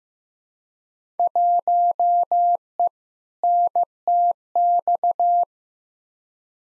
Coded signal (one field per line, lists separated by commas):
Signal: Morse code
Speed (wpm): 15 wpm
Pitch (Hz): 700 Hz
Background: none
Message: 1E NTX